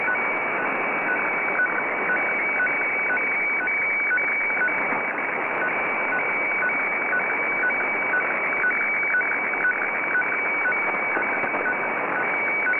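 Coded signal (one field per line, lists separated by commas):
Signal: weather fax (radiofax)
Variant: 120 lines per minute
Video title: JFW Fukushima Prefecture Fisheries Radio (Japan) (tentative) - 6414.5 kHz (FAX)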